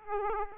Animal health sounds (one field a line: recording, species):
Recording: mosquito wingbeat signal from an infrared sensor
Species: Aedes aegypti